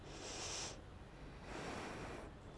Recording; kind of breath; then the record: one breath in and out by a microphone near the nose and mouth; deep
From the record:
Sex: female